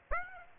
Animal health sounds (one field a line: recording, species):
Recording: mosquito wingbeat signal from an infrared sensor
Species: Aedes aegypti